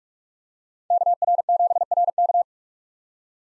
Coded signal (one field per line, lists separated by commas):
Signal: Morse code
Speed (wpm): 42 wpm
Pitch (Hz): 700 Hz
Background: none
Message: KR7RK